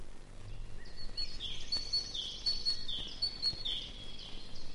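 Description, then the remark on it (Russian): Thin, high-pitched twittering and short trilling calls of a long-tailed tit, repeated in quick, scattered bursts over a soft, steady background hiss, with no one talking. “Самое уютное гнездышко у долгохвостой синицы.”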